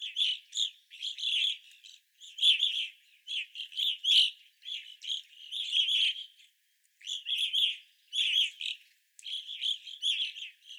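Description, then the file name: Several evening grosbeaks calling together, steady bursts of sharp, slightly burry chirps with brief pauses between groups. Several evening grosbeaks, 25 April 2021. "2021-04-25 Evening Grosbeaks"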